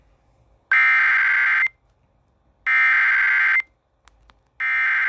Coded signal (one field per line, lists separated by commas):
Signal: Emergency Alert System (SAME) tones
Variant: header bursts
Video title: Eas FFW in Honolulu hawaii again Eas#421